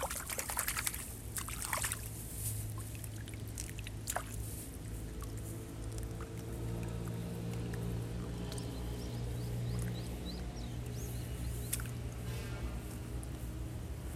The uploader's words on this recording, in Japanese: 水苗代でイネの苗取り。水苗代で、イネの苗とりしています。苗を１本ずつ抜いて、まとめてワラで束にして、、束をたくさん作っていきます。